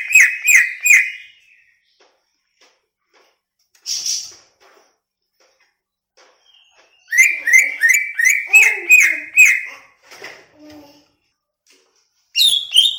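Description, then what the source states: Greater green leafbird song of quick, evenly repeated descending whistles in runs, with one buzzy note between bursts and faint lower warbles. Cucak ijo from Banyuwangi, described as gacor.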